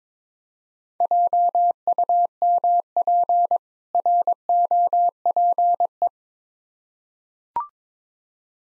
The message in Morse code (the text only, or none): JUMP ROPE